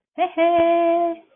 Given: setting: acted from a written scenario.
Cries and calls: vocal sound without words; triumph

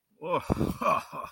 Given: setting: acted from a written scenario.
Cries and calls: vocal sound without words; awe

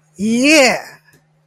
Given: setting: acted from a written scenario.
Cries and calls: vocal sound without words; triumph

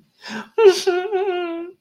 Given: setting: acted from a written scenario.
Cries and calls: vocal sound without words; sadness

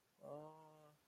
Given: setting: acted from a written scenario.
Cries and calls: vocal sound without words; confusion

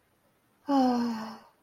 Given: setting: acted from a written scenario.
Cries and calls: vocal sound without words; romantic love

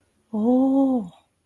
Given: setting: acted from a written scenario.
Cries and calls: vocal sound without words; awe

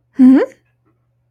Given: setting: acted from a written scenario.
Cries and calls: vocal sound without words; interest

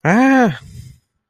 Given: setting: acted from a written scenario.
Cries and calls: vocal sound without words; fear

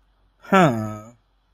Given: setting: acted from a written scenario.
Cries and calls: vocal sound without words; sympathy

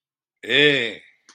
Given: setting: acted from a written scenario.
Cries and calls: vocal sound without words; elation

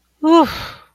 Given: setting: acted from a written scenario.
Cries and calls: vocal sound without words; relief

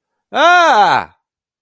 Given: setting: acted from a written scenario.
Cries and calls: vocal sound without words; distress

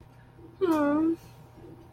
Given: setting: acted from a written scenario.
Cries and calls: vocal sound without words; sympathy

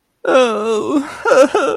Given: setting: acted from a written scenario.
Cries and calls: vocal sound without words; fear

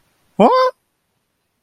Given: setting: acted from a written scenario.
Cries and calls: vocal sound without words; positive surprise

